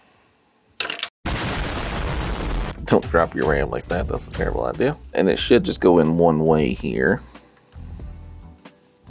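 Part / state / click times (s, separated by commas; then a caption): SO-DIMM RAM stick into laptop memory slot / not seated / none. A DDR4 SO-DIMM RAM stick is handled at a Dell XPS 9710 laptop's memory slot during a 32 GB RAM upgrade, with a few sharp clatters near 0.8–1.0 s, a burst of broadband noise, and then someone talking. The clip ends before the stick is pressed down under the metal retention clips, so nothing has seated or clicked yet.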